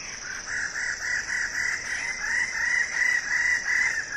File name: suara burung bidadari